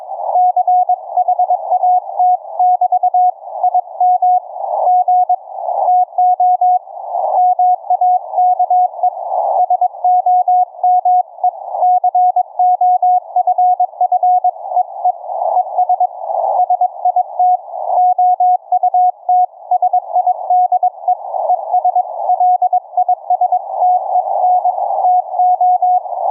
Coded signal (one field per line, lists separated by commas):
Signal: Morse code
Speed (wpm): 22 wpm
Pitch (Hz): 730 Hz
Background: none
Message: CHAT <BT> IM G TO MAKE SOME COFFEE ES SIT OUTSIDE ES LISTEN TO